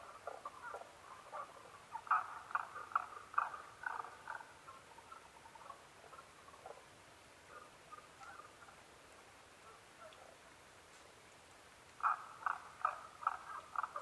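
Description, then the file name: Tago's brown frog calling, a loud burst of repeated short clucking notes, a quieter stretch, then another strong run of notes at the end. Recorded 15 May 2011 at 02:19. "tagogaeru-20110515-0219"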